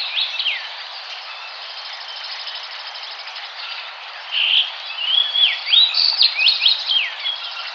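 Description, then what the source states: Fox sparrow singing: a brief whistled note early on, then a longer phrase of sweeping, slurred whistles and warbled notes near the end. Recorded 4 January 2007.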